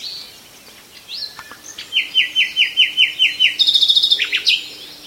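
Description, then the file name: Common nightingale song opening with soft whistles, then a measured series of loud repeated notes, ending in a faster high trill and sweeping flourish. "Nachtegaal"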